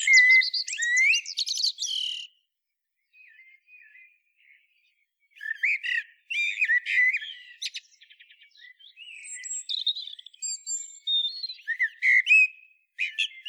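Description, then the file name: Common blackbird song: low fluted warbles near the start, then bursts of high squeaky twittering, with short pauses between phrases. "Turdus merula"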